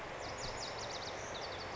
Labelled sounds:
Lazuli Bunting (Passerina amoena)
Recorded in Sonoma County, California

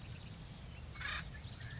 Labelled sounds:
Acorn Woodpecker (Melanerpes formicivorus)
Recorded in Sonoma County, California

